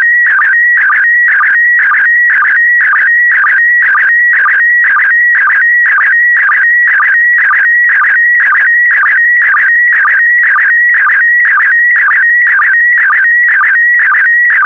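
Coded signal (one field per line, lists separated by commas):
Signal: SSTV (slow-scan television)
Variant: PD120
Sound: warbling whistle around 2 kHz with steady rhythmic low chirps twice a second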